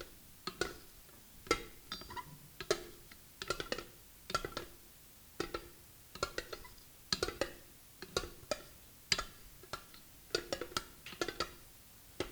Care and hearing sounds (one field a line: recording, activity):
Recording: daily activity, guitar pickup as the sensor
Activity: fry